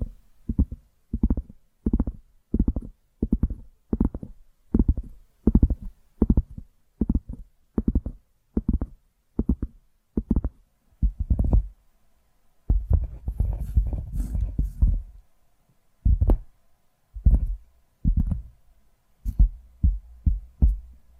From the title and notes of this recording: ASMR Tapping Through Your Brain Invisible + 3D Triggers (No Talking).